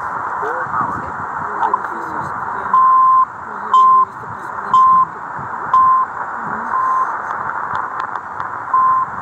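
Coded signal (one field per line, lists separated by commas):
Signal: radio time signal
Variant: CHU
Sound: steady 1 kHz beeps once a second, seven heard, through hissy static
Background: radio static, faint voices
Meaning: Each tick marks one second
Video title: Chu Canada, ,3330 KHz, a 4057 Kms callada en Casco Viejo, Panamá City.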